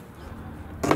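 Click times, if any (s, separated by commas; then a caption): 0.9 s. A plastic cabin air filter access cover on a 2018–2025 Toyota Camry is pressed into the HVAC housing over a low background hum. A broadband rise at about 0.8 s leads into a sharp click at 0.9 s as the clip snaps home and the cover is seated.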